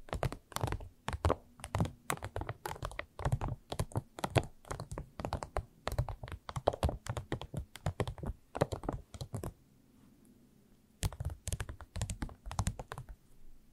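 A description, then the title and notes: Rapid, irregular tapping with sharp clicky strikes runs densely for about nine seconds, pauses briefly with a low hum, then resumes near eleven seconds. ASMR Irresistible Tapping. No Talking.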